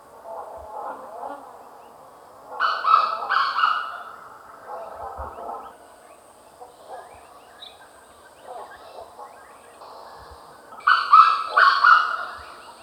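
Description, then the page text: Grey Junglefowl calling twice, each a loud, broken, harsh crowing phrase, separated by about seven seconds of soft scattered notes and faint background sounds. "Grey Junglefowl Call. Quick Sounds"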